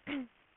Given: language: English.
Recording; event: throat vibration sensor signal played as sound; throat clearing